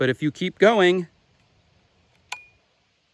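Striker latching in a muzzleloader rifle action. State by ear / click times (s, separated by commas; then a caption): seated / 2.3 s. Someone talks for the first second. Then, while the front of the trigger guard of a muzzleloader rifle is pulled back past the point that breaks the action open, the internal striker cocks and latches with a sharp click at 2.3 s. The striker is now cocked.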